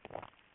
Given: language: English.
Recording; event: throat vibration sensor signal played as sound; swallow